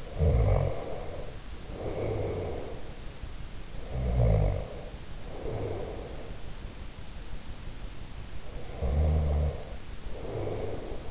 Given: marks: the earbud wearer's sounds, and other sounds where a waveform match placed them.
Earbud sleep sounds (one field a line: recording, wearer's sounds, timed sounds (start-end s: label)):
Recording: sounds in sleep by an in-ear microphone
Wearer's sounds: snoring breath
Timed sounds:
0.00-2.82 s: snoring breath
3.85-6.54 s: snoring breath
8.54-11.11 s: snoring breath